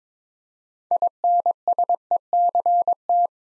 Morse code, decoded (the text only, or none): INSECT